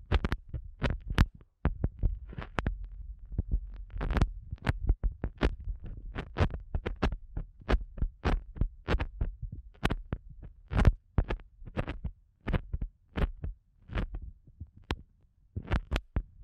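Sensitive eardrum massage sounds: a steady stream of soft, muffled thumps and rubbing taps, coming irregularly about two to three per second. Each touch has a deep, dull body with a brief crisp edge, over a low, constant rumbling hum.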